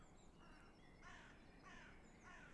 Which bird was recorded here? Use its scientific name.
Cyanistes caeruleus